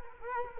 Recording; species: mosquito wingbeat signal from an infrared sensor; Culex quinquefasciatus